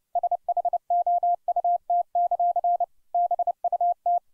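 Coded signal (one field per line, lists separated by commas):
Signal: Morse code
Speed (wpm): 30 wpm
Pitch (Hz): 700 Hz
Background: none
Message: SHOUT; BUT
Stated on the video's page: Morse code copying practice at 30 wpm, sending a well-known poem.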